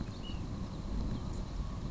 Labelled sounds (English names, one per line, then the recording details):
Ash-throated Flycatcher
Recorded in Sonoma County, California